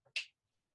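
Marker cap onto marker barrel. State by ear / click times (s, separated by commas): seated / 0.2 s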